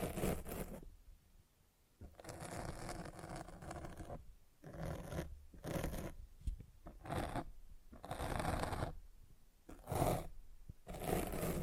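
Microphone scratching comes in irregular rough bursts, some brief and some lasting two seconds, separated by short silent gaps, with low rumbling underneath.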